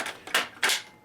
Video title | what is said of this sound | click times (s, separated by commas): SRM ARMS M1216 SHOTGUN! | it just snaps right in. | 0.6 s